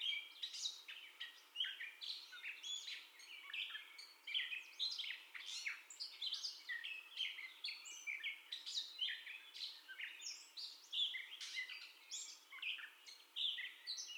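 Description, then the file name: Gray catbird singing a rapid, nearly unbroken jumble of squeaky, raspy and whistled notes, phrases changing constantly. First song, 30 May 2021. "2021-05-30 Catbird First Song"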